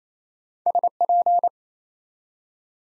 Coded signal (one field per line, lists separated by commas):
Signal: Morse code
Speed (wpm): 28 wpm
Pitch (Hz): 700 Hz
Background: none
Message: SP